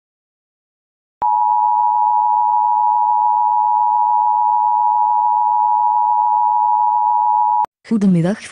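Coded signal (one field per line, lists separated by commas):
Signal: Emergency Alert System (SAME) tones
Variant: 853 and 960 Hz attention tone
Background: speech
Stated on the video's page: Fictional scenario using valid alert tones.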